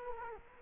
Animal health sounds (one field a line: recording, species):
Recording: mosquito wingbeat signal from an infrared sensor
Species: Culex quinquefasciatus